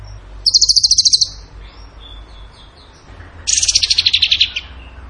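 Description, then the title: Bird gives a short, high, pulsed trill, then soft thin notes, then a longer trill that drops gradually in pitch. Vigorous (gacor) singing in the tembakan style, used in masteran training. "Masteran Burung Tembakan Gacor"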